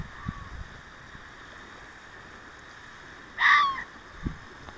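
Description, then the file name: Fox giving a single short, harsh, yelping call late, with faint low thumps before and after it over a steady background hum. Recorded 6 June 2024. "キツネ 240606"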